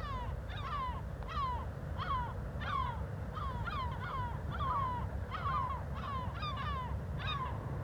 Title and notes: GC-200, 35489 Agaete, Las Palmas, Espagne - Mouettes - Seagulls. Des mouettes en bord de falaise, en bas l'activité de Puerto de Las Nieves, et les voitures